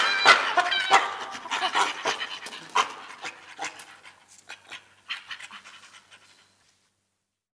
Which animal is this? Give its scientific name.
Pan troglodytes